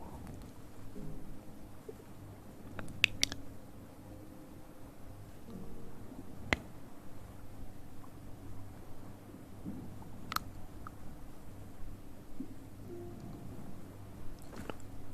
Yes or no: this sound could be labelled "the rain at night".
no